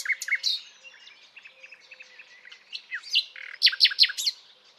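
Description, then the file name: Common nightingale singing varied short notes and soft churrs, ending in a loud run of sharp, rapidly repeated high chips. "Luscinia megarhynchos"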